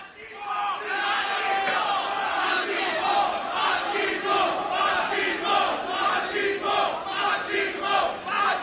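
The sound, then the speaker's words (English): A large crowd at a Cinco de Mayo party chants "machismo" in unison, loud and steady, repeating the same short phrase in a regular rhythm with the voices rising and falling together for several seconds. “Can we get the crowd to start chanting machismo?”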